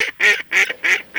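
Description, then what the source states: Mallard quacking in a rapid series of five rasping, nasal calls, evenly spaced. Recorded in Russia.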